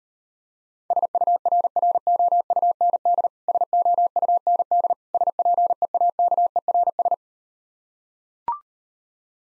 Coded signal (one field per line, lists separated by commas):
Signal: Morse code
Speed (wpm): 38 wpm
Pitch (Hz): 700 Hz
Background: none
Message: SURROUND SOUND SPEAKERS